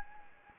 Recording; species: mosquito wingbeat signal from an infrared sensor; Anopheles gambiae